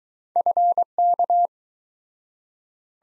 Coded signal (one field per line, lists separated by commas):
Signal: Morse code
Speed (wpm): 23 wpm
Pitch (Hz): 700 Hz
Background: none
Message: FK